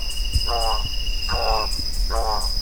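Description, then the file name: Spot-billed toucanet giving three rough, croaking notes, each under half a second long, with a steady high-pitched insect whine throughout. "Selenideramaculirostris"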